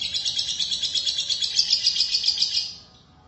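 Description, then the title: Lovebird chattering song, a dense, rapid, squeaky trill held high and steady for about three seconds before cutting off. "BM Suara Burung Lovebird"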